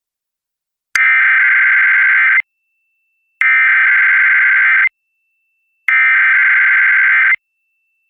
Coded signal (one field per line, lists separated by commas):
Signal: Emergency Alert System (SAME) tones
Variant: header bursts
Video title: EAS #669: EAS Required Monthly Test- Aug. 8, 2022- 7:55AM PDT